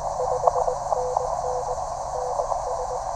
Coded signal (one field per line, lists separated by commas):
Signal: Morse code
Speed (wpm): 20 wpm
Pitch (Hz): 500 Hz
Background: none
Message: 5NN NS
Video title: EVENING QRP POTA | TR-35 #cw #parksontheair #hamradio